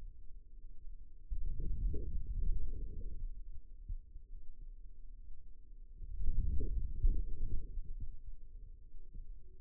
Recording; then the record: forearm muscle sounds (acoustic myography)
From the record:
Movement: outward rotation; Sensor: system 2, bracelet of six BSWA MPA416 microphones around the upper forearm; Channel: 4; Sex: male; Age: 22 years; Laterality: right